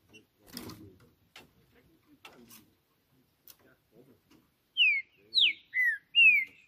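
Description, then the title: Green-winged saltator whistles: four loud falling notes at the end, after several seconds of clicks and soft knocking sounds. Singing on a roof in a singing contest, described as competing and showing male dominance behaviour. "Trinca Ferro CANTANDO MUITO de CARA em CIMA do TELHADO! Disputa INSANA!! TRINCA JUSTICEIRO & FBI"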